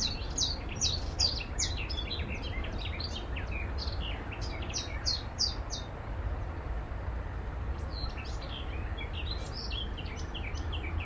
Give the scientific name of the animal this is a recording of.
Phylloscopus trochilus